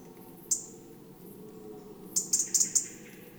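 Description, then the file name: European robin giving sharp, high ticking calls: one lone tick, then a quick cluster of several clicks near the end, over a low steady hum. "Erithacus rubecula"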